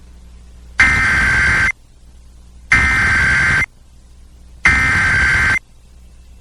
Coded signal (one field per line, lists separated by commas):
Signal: Emergency Alert System (SAME) tones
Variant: header bursts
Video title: EAS #779: EAS Child Abduction Emergency- May 18, 2023- 5:53PM PDT